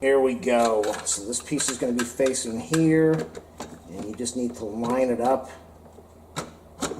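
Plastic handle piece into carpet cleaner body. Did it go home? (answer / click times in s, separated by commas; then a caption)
yes / 6.4 s. A plastic handle piece is lined up and pressed down into the body of a Bissell ProHeat 2X Revolution Pet Pro carpet cleaner, model 2007F, while someone talks. A single sharp click is heard at 6.4 seconds as the handle piece seats into the base.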